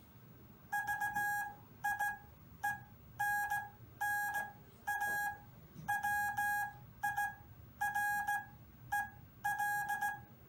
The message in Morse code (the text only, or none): VIENNA WIREL